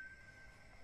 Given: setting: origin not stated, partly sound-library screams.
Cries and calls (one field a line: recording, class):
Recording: one-second piece from a danger detection set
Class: normal situation